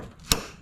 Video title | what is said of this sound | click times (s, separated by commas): 2022 Nissan Frontier SLIDING Bed Extender for Utili-Track - How to Build | until it clicks in place what you want to do is kind of pull that strap make it to where it's uh taut | 0.3 s